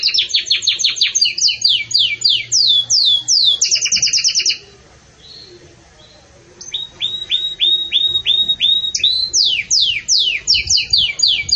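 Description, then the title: Canary singing a fast run of sweeping chirps, a short pause of near silence, then soft rattling trills building back into loud rapid chirps. Pure campainha song with pauses, for training. "Canto Canário Belga Campainha Puro Com Pausa Para Treinamento"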